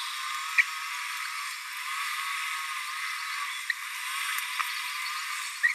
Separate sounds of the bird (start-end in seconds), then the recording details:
0.58-0.61, 5.63-5.72. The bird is a male. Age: 22 days. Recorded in a nest box in Venezuela. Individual 17B42A3